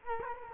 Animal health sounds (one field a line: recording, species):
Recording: mosquito wingbeat signal from an infrared sensor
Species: Culex quinquefasciatus